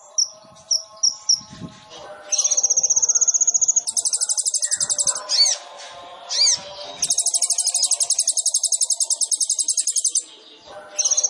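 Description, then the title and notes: Sunbird song: sharp high chips, then a steady fast trill, two slurred ringing notes, and an extended very high rattling buzz lasting about three seconds. Indonesian masteran song-training material of an actively singing (gacor) sunbird, with fill-in (isian) and shot (tembakan) phrases, used as a lure (pancingan) to prompt birds to sing. "MASTERAN KOLIBRI NINJA FULL ISIAN DAN TEMBAKAN COCOK BUAT PANCINGAN. Suara Burung Kolibri Ninja Gacor"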